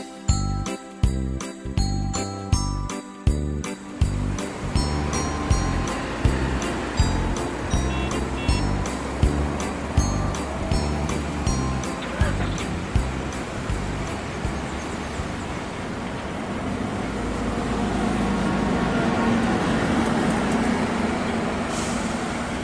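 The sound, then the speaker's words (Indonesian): Bus terminal ambience in Surabaya, Indonesia, with a bus about to depart for Madura over the Suramadu Bridge: a steady run of rhythmic chiming clanks over a low engine rumble, giving way to a broad, rising hiss of traffic and idling vehicles. No one speaks. “Baik anak-anak, kita ikuti perjalanan mereka yang dimulai dari terminal.”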